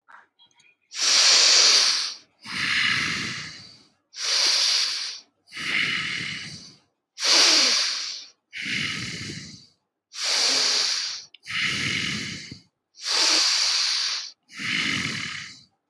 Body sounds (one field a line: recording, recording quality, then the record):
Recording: deep breathing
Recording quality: excellent, no background noise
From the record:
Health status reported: healthy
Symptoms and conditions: none ticked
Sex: male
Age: 29 years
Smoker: yes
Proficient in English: yes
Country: India